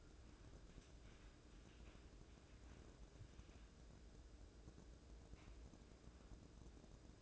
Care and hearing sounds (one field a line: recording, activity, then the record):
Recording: daily activity, microphone in the room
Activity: wipe stove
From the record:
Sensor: 2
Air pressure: 1012.2 hPa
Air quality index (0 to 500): 155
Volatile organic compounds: 2 ppm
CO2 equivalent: 1134 ppm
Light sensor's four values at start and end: 380/949/379/393 and 383/955/382/397